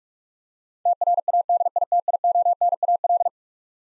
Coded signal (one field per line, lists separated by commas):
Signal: Morse code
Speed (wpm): 46 wpm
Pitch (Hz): 700 Hz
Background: none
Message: TRADITIONAL